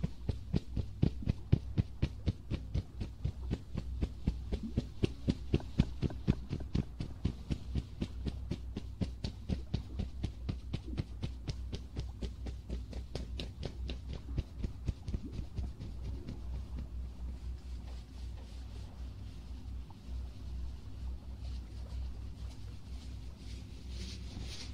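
Ear cleaning and ear massage, heard as a fast, regular run of soft rubbing thumps over a steady low hum. The strokes are strongest in the first fifteen seconds, then blur into a quieter, smoother rumble with faint scratchy touches near the end.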